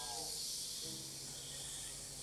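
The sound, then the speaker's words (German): Jungle ambience at a café in the middle of the jungle: a dense, steady chorus of insects forms a continuous high-pitched shimmering hiss, fairly soft, with a faint low hum and brief tonal murmurs underneath and no voices. “Ein Café mitten im Dschungel.”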